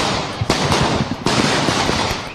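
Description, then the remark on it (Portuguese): Fireworks in India in April crackle and burst in a loud, dense barrage, with rapid overlapping pops and two especially sharp bangs standing out from the continuous noisy roar. No one speaks. “Caralho, parece um fogo de artifício, né?”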